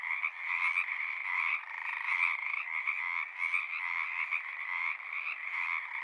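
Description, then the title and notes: Chorus of Pacific tree frogs, a continuous wash of rasping croaks with slight swells in loudness. Wild community in large raucous groups at ponds in Seattle, Washington; calling spring or summer near dusk or pre-dawn; recorded with a portable recorder and ORTF microphone pair. "One local community here in Seattle is located in the Frog Ponds of Magnusson Park"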